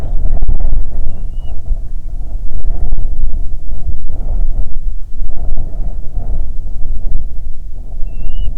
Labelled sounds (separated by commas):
bird, wind